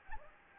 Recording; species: mosquito wingbeat signal from an infrared sensor; Anopheles gambiae